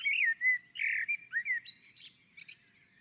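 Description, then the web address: Common blackbird song: mellow, fluting warbled phrases that slide up and down, ending in thin high squeaky twitters. On a roof. "Naturinspelningar Koltrast på taket"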